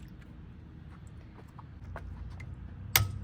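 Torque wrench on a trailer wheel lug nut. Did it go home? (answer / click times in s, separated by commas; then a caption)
yes / 3.0 s. A torque wrench set to 100 pounds tightens a trailer wheel lug nut. Faint metallic ticks build over low rumble until a loud, sharp release click at 3.0 s shows the nut has reached the setting, followed by another sharp hit at 3.3 s.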